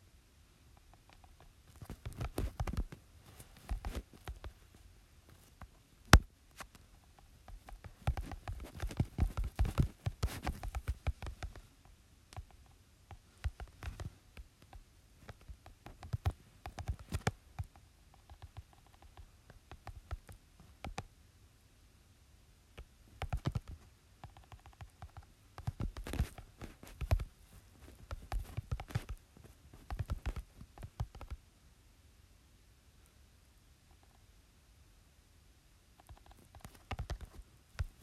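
Screen tapping and typing: quick, soft taps come in irregular bursts, each cluster lasting a few seconds before brief pauses. The taps are dull and low with a light clicky edge, one sharper tap near six seconds, over a quiet background.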